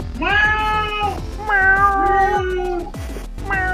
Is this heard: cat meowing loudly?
yes